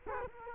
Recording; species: mosquito wingbeat signal from an infrared sensor; Culex quinquefasciatus